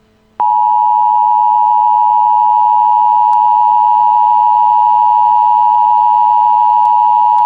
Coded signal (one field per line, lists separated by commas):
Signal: Emergency Alert System (SAME) tones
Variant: 853 and 960 Hz attention tone